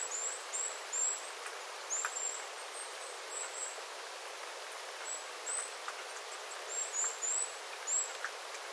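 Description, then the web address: Small birds giving thin, very high calls, short and scattered throughout, over a steady background hiss. Small flock of birds calling, water dripping from the eaves after rain, 9 September 2025. "paivat 9 9 2025 pikkulintuparven aantelya vesi tippuu raystaalta sateen jalkeen"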